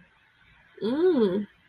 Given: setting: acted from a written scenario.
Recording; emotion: vocal sound without words; interest